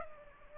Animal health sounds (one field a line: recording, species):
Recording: mosquito wingbeat signal from an infrared sensor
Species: Aedes aegypti